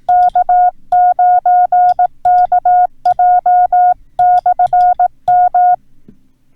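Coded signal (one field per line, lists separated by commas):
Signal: Morse code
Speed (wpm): 18 wpm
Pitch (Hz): 720 Hz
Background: none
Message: K9KJ/M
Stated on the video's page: Morse code lesson teaching four punctuation characters.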